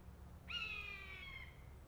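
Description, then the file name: Buzzard giving a single drawn-out mewing call that slides downward, with a low steady hum underneath. A pair of buzzards. "jl buzzard pair"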